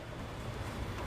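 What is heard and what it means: A red plastic position-assurance locking clip is being pushed in on a mated trailer wiring connector during tail light removal on a 2019 Chevrolet Cruze Hatchback. Steady low rumbling, wind-like background noise fills the clip with no distinct sharp sounds. Nothing has seated or clicked yet.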